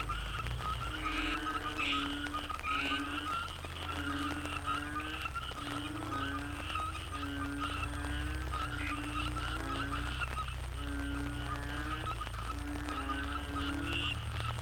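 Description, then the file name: Frogs in a chorus of pulsed tonal calls in repeated bursts, with a steady low rumble underneath. Frogs in the Cherating wetlands, Malaysia. "yamaha frogs cherating wetlands"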